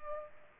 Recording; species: mosquito wingbeat signal from an infrared sensor; Culex pipiens